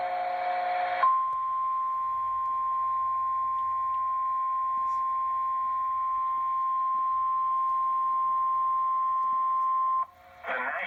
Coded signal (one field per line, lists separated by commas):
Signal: Emergency Alert System (SAME) tones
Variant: 1050 Hz attention tone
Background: speech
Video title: SVR #9 on KHQ-DT (EAS #1082)